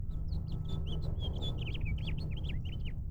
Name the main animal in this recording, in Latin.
Haemorhous mexicanus